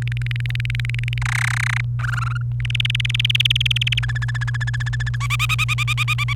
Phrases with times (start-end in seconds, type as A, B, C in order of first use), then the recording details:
0.02-1.18 A, 1.22-1.81 B, 2.00-2.37 C, 2.60-3.99 D, 4.03-5.16 E, 5.20-6.33 F. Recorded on 28 April 2018 at 16:25. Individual llb3